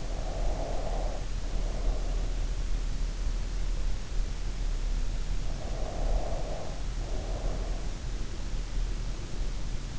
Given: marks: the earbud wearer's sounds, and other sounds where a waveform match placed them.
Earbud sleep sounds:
sounds in sleep by an in-ear microphone; breath
0.00-2.59 s: breath
5.44-8.01 s: breath

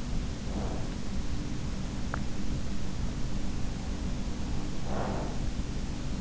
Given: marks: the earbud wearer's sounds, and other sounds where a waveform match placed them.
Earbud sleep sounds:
sounds in sleep by an in-ear microphone; breath
0.33-2.68 s: breath
3.41-5.78 s: breath

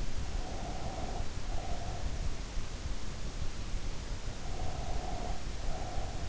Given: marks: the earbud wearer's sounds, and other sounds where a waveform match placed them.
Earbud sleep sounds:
sounds in sleep by an in-ear microphone; breath
0.11-2.12 s: breath
4.43-6.29 s: breath

